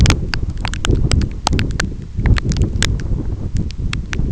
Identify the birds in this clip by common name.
none